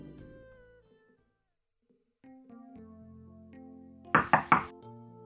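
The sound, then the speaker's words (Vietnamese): Three quick, light knocks on the wooden door of a room late at night ring out over a soft, sustained musical background, with a hushed pause before the music swells back in. “Đêm đã khuya, cửa phòng Tả Chấn vang lên vài tiếng cộc cộc nhỏ.”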